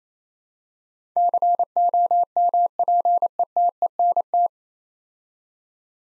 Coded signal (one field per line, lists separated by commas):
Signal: Morse code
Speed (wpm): 29 wpm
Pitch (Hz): 700 Hz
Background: none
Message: COMPETENT